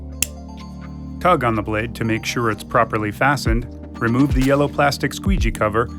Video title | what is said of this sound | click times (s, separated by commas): Rain-X Repellency Wiper Blade Installation Small J-Hook | Close the cap until it locks into place with a click. | 0.2 s